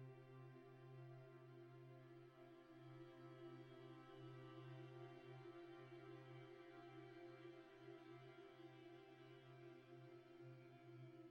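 Music played backwards and stretched into a steady, unbroken drone. A strong low hum sits beneath a few layered mid tones, with faint thin overtones shimmering higher up, and the level stays even throughout with only slight slow wavering.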